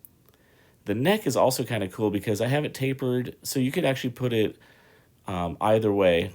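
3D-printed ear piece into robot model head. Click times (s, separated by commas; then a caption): 0.1 s. A 3D-printed plastic ear piece is pressed into the head of a small robot model kit without glue, left unglued for now so the loose parts can be painted, and it clicks into place at 0.1 s with a sharp snap followed by two fainter ticks. Then someone talks. The ear piece is seated with a snug fit.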